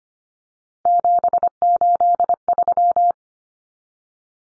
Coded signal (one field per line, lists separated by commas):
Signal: Morse code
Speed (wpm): 25 wpm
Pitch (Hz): 700 Hz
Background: none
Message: 783